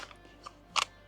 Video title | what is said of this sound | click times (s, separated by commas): I Got Some New Gear From OBi and Crosstac. Check It Out With Me!! | and then it locks, snaps back in. | 0.8 s